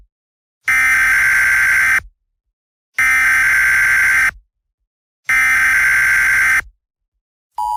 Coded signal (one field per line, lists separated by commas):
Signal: Emergency Alert System (SAME) tones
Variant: header bursts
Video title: The emergency alert system interrupts the Sammy of the Sammy's show